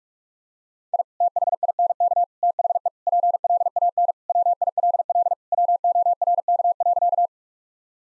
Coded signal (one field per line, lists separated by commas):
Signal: Morse code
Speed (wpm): 46 wpm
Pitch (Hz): 700 Hz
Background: none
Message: I THINK THE PLAN WILL WORK.